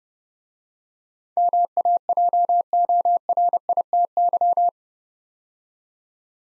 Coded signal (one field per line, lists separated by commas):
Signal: Morse code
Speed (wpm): 30 wpm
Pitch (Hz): 700 Hz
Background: none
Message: MAJORITY